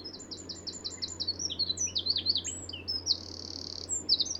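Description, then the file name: Eurasian wren song, a rapid series of high repeated notes running into varied twittering phrases and a long, even, high trill, then more quick notes. "Troglodytes troglodytes"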